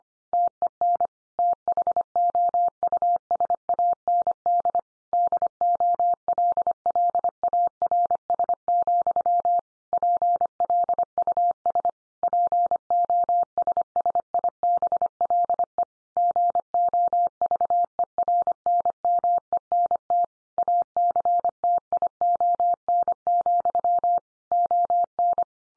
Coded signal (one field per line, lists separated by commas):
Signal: Morse code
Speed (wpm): 25 wpm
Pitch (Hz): 700 Hz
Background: none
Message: TEN THOUSAND DOLLARS, PLUS POSSIBLE GOVERNMENT ACTION, ON